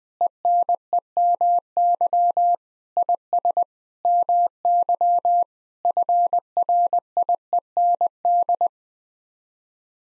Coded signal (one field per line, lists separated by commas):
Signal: Morse code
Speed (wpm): 20 wpm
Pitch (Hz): 700 Hz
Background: none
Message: ENEMY IS MY FRIEND